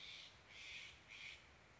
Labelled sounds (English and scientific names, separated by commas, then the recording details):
Steller's Jay (Cyanocitta stelleri)
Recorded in Sonoma County, California